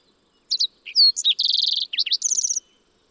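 Fox sparrow song, a quick varied phrase of sharp whistled notes, a slurred downward whistle and fast buzzy trills, lasting about two seconds.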